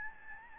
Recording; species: mosquito wingbeat signal from an infrared sensor; Aedes albopictus